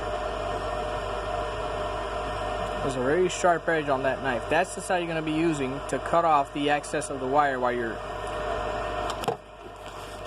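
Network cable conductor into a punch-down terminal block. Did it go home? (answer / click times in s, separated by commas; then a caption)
no / none. A Cat 6 network cable conductor is being handled at a punch-down terminal block, with an impact punch-down tool that trims the excess wire. Someone talks over a steady background hum, and the talk stops near 9.3 s. Nothing has seated or clicked yet.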